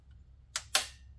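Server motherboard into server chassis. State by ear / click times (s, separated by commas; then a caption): seated / 0.6 s, 0.8 s. A Dell PowerEdge R730 server motherboard with rear I/O ports (USB, VGA, serial and network ports) is aligned to the chassis holes and pushed into the server chassis until its locking pin drops. Two sharp clicks sound at 0.6 s and 0.8 s, the second louder, over a low steady hum. The motherboard is seated and locked in place so it won't move around.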